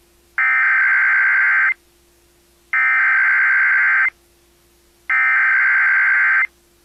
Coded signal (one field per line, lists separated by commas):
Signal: Emergency Alert System (SAME) tones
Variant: header bursts